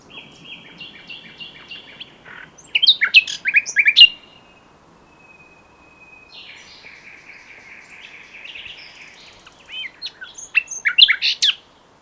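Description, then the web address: Common nightingale song: buzzy phrases followed by loud bursts of varied sharp notes, a quiet churring trill, and another rich burst at the end. "pub SETE data Luscinia megarhynchos"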